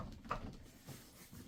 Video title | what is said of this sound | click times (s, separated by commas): Watch Me Set Up a Power Recliner in Minutes! GarveeHome Power Recliner Chair - Heat and Massage | And you'll hear it click into place. | 0.3 s